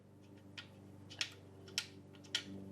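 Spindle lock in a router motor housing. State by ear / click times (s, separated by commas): seated / 1.2 s, 1.8 s, 2.4 s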